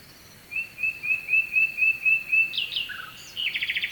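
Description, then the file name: Nightingale song opening with a row of pure whistled notes repeated about four times a second, then rising squeaks and a rapid trill, over soft steady hiss. Sung at night with a distant stream, Kovachevitsa, Bulgaria. "Noshten slavej i dalechen potok (s Kovachevica)"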